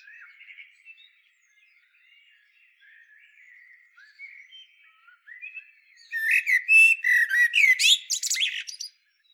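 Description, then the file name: Eurasian blackbird quietly warbling low, fluty notes for several seconds, then breaking into a loud, rapid twitter of squeaky high notes before falling silent. "Turdus merula"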